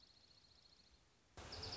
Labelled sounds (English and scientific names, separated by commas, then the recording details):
Dark-eyed Junco (Junco hyemalis)
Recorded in Sonoma County, California